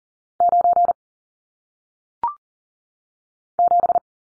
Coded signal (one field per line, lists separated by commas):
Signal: Morse code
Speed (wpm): 40 wpm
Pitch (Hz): 700 Hz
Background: none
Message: 9 7